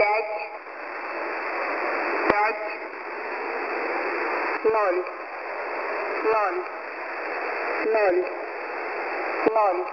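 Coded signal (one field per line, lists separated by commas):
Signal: numbers station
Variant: S06s, Russian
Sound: short single spoken Russian digits, about five, evenly spaced over steady radio hiss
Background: radio static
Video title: S06s 03/01/2022 8057kHz 0830 UTC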